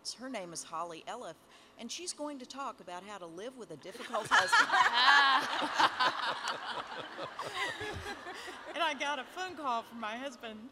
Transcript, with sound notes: Her name is Holly Elliff, and she’s going to talk about how to live with a difficult husband.” (laughter) I got a phone call from my husband